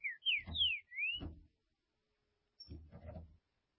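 Green-winged saltator whistles: four clear, slurred notes over low thumping noise, then a brief burst of knocking.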